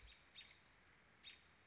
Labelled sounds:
American Robin
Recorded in Sonoma County, California

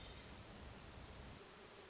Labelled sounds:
Hermit Thrush
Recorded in Sonoma County, California

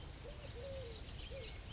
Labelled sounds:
Eurasian Collared Dove
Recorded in Sonoma County, California

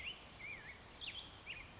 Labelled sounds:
Black-headed Grosbeak
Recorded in Sonoma County, California

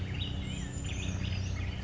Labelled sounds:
Brown Creeper
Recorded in Sonoma County, California

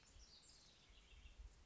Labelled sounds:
House Wren
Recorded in Sonoma County, California

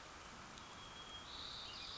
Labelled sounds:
White-crowned Sparrow
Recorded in Sonoma County, California

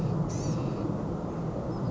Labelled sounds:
Blue-gray Gnatcatcher
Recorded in Sonoma County, California

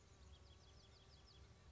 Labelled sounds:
Bewick's Wren
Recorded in Sonoma County, California

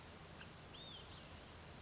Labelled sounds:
Olive-sided Flycatcher
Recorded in Sonoma County, California

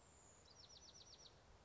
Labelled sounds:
Bewick's Wren
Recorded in Sonoma County, California

